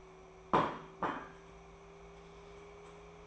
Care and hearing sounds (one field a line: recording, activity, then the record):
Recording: daily activity, microphone in the room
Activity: place plate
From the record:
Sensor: 1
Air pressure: 1015.1 hPa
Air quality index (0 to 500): 199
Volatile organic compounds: 24 ppm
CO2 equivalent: 2818 ppm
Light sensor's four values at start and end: 10/24/10/11 and 10/24/10/11